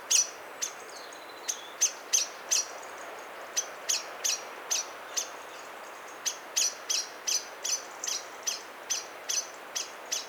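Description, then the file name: Common blackbird calls: sharp, clicking chink notes repeated at an irregular pace, about two or three a second, with a few short pauses, over a steady background hiss. "Turdus merula"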